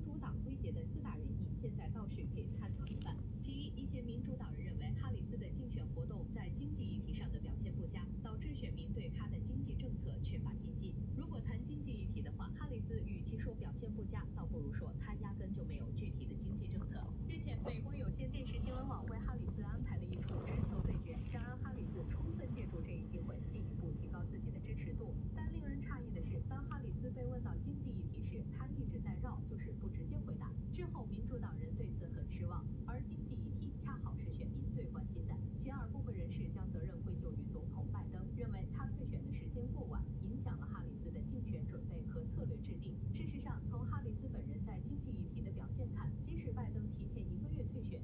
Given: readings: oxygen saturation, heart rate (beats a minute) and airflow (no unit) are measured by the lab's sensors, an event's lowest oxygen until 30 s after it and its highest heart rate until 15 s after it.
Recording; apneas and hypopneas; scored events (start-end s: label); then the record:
a person awake in a sleep study, by a smartphone at the bedside; none
0.00-48.04 s: awake
From the record:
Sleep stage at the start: awake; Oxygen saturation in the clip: 95 to 97%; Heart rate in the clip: 64 to 82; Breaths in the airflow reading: 7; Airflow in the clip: -11.5 to 10.0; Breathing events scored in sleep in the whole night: 131 in 7.2 hours asleep